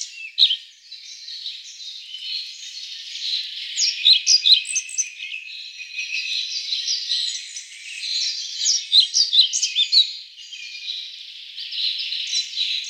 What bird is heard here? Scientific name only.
Ficedula hypoleuca